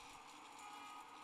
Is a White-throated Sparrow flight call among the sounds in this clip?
no